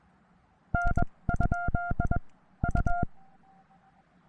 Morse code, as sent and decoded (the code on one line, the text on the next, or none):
-. ..--.. / ..-
N? U